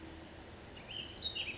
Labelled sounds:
Ash-throated Flycatcher (Myiarchus cinerascens)
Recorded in Sonoma County, California

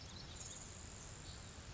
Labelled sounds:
Grasshopper Sparrow (Ammodramus savannarum)
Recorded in Sonoma County, California

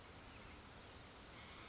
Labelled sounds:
Western Flycatcher (Empidonax difficilis)
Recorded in Sonoma County, California

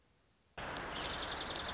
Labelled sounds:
Dark-eyed Junco (Junco hyemalis)
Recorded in Sonoma County, California

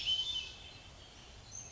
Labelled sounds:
Hermit Thrush (Catharus guttatus)
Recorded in Sonoma County, California

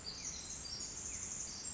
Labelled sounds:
Pacific Wren (Troglodytes pacificus)
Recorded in Sonoma County, California

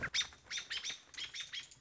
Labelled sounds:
American Robin (Turdus migratorius)
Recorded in Sonoma County, California

